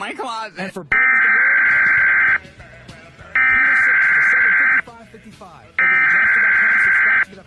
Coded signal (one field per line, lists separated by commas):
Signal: Emergency Alert System (SAME) tones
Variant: header bursts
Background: speech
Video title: hey lois i'm an eas message